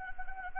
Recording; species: mosquito wingbeat signal from an infrared sensor; Anopheles arabiensis